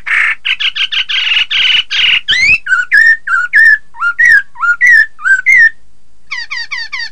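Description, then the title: Laughingthrush song: a run of harsh, buzzy notes, then loud, clear whistles that rise and fall, repeated several times, followed by a quick burst of descending notes. "Suara Kicau Burung Poksay"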